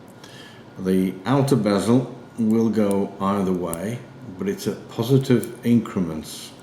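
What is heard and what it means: The outer rotating bezel on the steel case of a Breitling Chronoliner wristwatch is handled while someone talks throughout, with a faint brief tick near 0.2 s. The bezel has not yet clicked into its next detent; nothing has seated or clicked yet.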